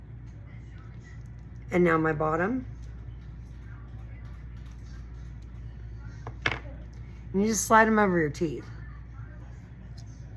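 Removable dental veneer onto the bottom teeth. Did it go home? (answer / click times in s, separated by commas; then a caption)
no / none. A removable plastic dental veneer is handled and slid over the bottom teeth while someone talks, with a few soft handling taps around 6.3 to 6.5 seconds. The veneer has not snapped into place yet; nothing has seated or clicked.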